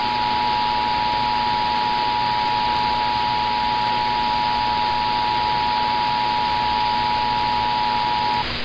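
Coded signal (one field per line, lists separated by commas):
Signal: Emergency Alert System (SAME) tones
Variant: 853 and 960 Hz attention tone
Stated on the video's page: Real North Carolina tornado drill sent as a Required Monthly Test; some radios failed to activate.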